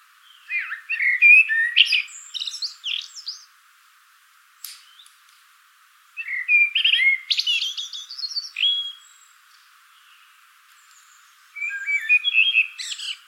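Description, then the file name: Common blackbird singing three separate phrases, mellow whistled warbles breaking into thin, scratchy twitters, with pauses of a few seconds between them. "Turdus merula"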